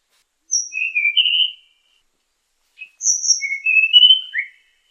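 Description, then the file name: Tanahjampea Blue Flycatcher song: two sweet whistled phrases, each starting with a high thin note, then sliding, warbling notes. "sikatan tanahjampea"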